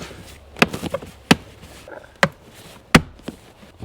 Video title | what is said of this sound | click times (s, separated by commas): 2005-2009 Subaru Legacy Cabin Filter Replacement How To | this should just all snap into place we'll | 0.6 s, 1.3 s, 2.2 s, 3.0 s